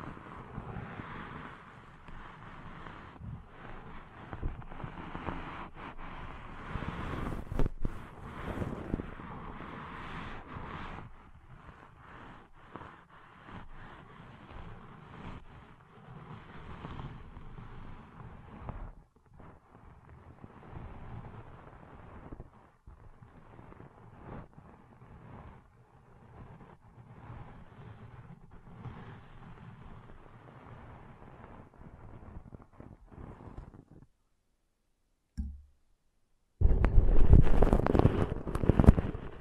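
Deep ear cleaning with dense, continuous rubbing and scraping, brighter bursts near eight and eleven seconds, a brief silence, then louder scratching.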